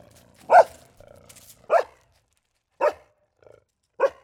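Dog barking, four short sharp barks spaced about a second apart, with faint sounds between them.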